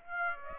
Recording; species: mosquito wingbeat signal from an infrared sensor; Aedes aegypti